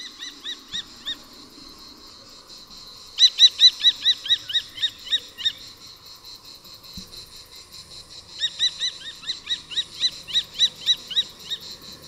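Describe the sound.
Bird calling in three separate bouts of rapid, bright, ringing notes.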